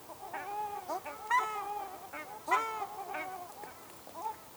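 Ruddy shelduck honking calls, nasal goose-like notes with rich harmonics, several loud honks in irregular succession with quieter calls between.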